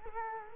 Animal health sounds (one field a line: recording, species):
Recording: mosquito wingbeat signal from an infrared sensor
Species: Culex quinquefasciatus